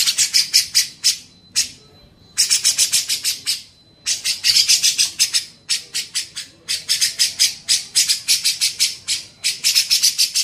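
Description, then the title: Grey-cheeked bulbul giving harsh, rasping chatter in quick pulses, in bursts broken by short pauses; a faint steady tone hums in the gaps. Masteran recording used to train songbirds. "MASTERAN CUCAK JENGGOT"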